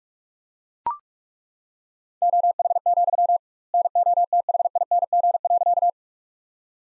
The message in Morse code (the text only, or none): OH, NOTHING.